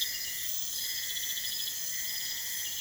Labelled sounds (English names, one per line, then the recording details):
none
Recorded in pastures near Puerto Asís, Putumayo, Colombia, on 21 December 2024 at 02:00
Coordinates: 0.472, -76.329
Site G072